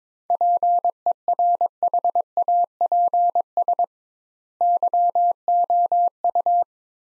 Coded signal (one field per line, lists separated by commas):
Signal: Morse code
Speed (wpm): 22 wpm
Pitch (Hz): 700 Hz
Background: none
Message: PERHAPS YOU